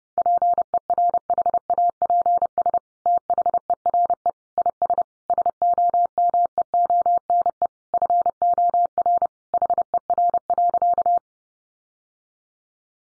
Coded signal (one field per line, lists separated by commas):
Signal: Morse code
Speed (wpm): 30 wpm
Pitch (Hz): 700 Hz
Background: none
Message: PERHAPS THERE IS SOMEONE FOR HER.